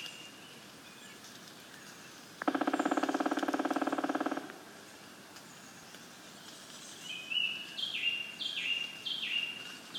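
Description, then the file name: Black woodpecker drumming, a fast machine-gun roll lasting nearly two seconds. It is followed by a series of high, stepped, descending notes from another bird. "Schwarzspecht mospa"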